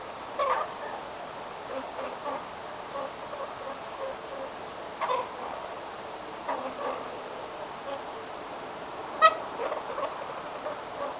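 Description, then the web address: Whooper swans calling in a loose chorus, short nasal honking notes scattered throughout, with one sharper, ringing call near the end over steady background hiss. Whooper swan family with young, near a barn swallow nesting site; close-range recording of social calls of the young; 29 October 2025. "paivat 29 10 2025 haarapaaskysen pesapaikan laulujoutsenpesue aantelee lahiaania sosiaalisia poikasten aantelyja"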